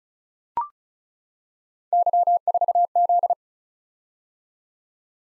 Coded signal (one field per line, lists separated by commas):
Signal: Morse code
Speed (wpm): 36 wpm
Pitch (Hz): 700 Hz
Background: none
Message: Y4Z